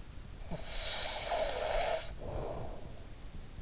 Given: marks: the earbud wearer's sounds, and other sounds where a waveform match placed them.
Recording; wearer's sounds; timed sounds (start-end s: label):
sounds in sleep by an in-ear microphone; snoring breath
0.10-3.07 s: snoring breath